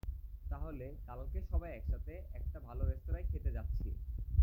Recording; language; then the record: elicited speech; Bengali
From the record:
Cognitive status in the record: cognitively healthy